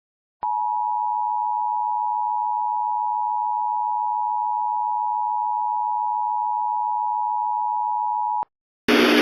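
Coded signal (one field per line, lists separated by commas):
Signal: Emergency Alert System (SAME) tones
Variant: 853 and 960 Hz attention tone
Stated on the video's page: Mock tornado emergency remake using valid EAS tones.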